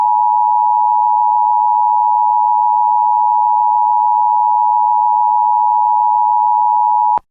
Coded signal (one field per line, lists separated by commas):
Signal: Emergency Alert System (SAME) tones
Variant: 853 and 960 Hz attention tone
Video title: EAS Reenactment Mock: Tornado Warning for a Waterspout